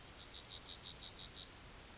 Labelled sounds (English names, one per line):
Yellowhammer song